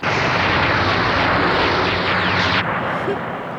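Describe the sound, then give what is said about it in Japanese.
A rough, loud engine roar from a not properly repaired aircraft engine in Mobile Suit Gundam, with a harsh, sputtering texture, runs steadily, then suddenly drops off near the end, leaving a weaker, uneven hum. “エンジンがちゃんと直ってないじゃないか。”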